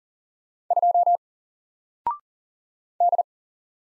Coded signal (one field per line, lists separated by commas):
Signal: Morse code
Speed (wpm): 38 wpm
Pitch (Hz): 700 Hz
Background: none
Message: 2 D